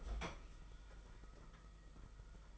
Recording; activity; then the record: daily activity, microphone in the room; open fridge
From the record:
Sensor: 5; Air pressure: 991.1 hPa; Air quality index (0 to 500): 115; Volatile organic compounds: 34 ppm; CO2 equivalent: 3032 ppm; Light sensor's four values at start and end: 33/105/40/42 and 34/107/41/43